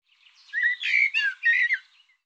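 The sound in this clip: Bird song, one short phrase of slurred whistles running together, steady and mid-pitched, with softer notes at each end.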